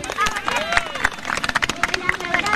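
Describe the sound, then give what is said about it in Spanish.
A group of children applauding at the close of the Aquatrón at a municipal holiday camp, a dense, irregular patter of sharp claps that keeps going steadily, with high excited voices and shouts mixed into the clapping. “Gracias, Fuerte el aplauso, vamos.”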